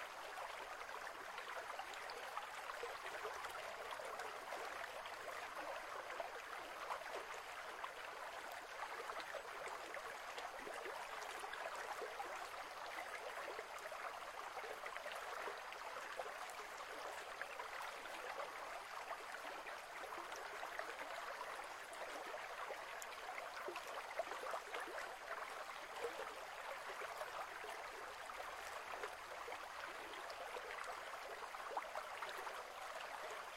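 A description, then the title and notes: Running water flows steadily for the whole stretch, a dense, even rush with bright splashing texture and little low rumble. The sound of running water from nature.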